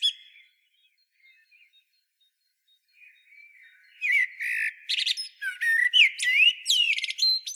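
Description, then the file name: Eurasian blackbird calls: quiet thin notes at first, then from midway a burst of loud, varied chirps, squeaks and rising whistled notes. "Turdus merula"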